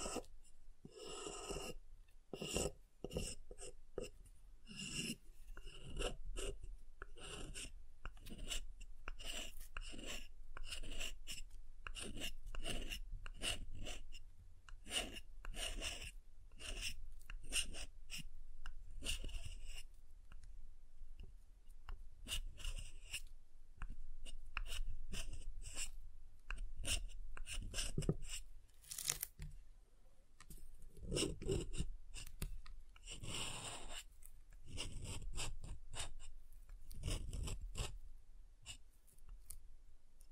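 Soap being tapped and carved, with a dense, continuous run of short scraping and rasping strokes that barely pause across the whole forty seconds. Crisp, bright scratches alternate with duller knocks, and the pace stays busy and uneven throughout.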